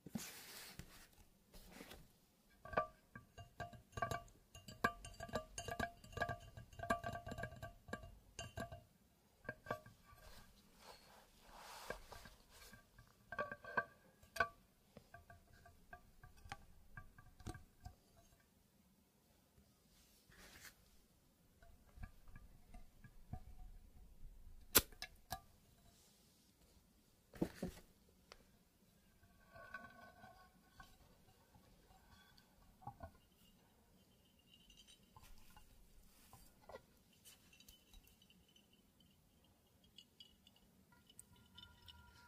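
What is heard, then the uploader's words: Liquid pours and trickles into a glass, with splashing bursts that come and go over the whole stretch. Sharp clinks of glass ring out near 25 and 27 seconds, and a low steady hum sits underneath throughout. WATER Pouring Liquid Glass Sounds.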